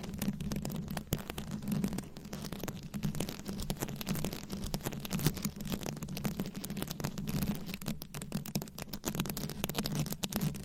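Fast, dense mic scratching, rapid rough strokes packed tightly together over a steady low rumbling hum, continuing without pause throughout.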